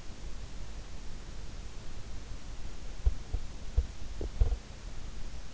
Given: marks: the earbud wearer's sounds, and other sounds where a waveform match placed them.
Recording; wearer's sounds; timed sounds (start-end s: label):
sounds in sleep by an in-ear microphone; teeth grinding
2.86-5.05 s: teeth grinding